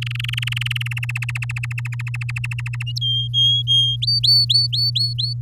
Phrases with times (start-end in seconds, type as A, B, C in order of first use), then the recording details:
0.02-1.05 A, 1.09-2.83 B, 3.01-3.96 C, 4.01-5.33 D. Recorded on 9 May 2018 at 06:13. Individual llb16